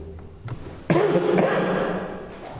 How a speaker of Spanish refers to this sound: Leo yo para que se grabe bien, porque tengo, disculpen la carraspera y el resfriado que todavía tengo.